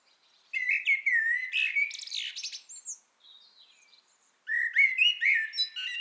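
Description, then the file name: Common blackbird with a smooth whistled phrase ending in rapid high twitters, a short soft interlude, then another mellow warble. "Turdus merula"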